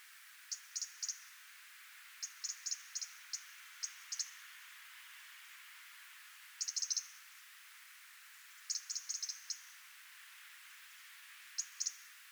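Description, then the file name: European robin tick calls, thin high clicks given in short rapid bursts every couple of seconds. "Erithacus rubecula"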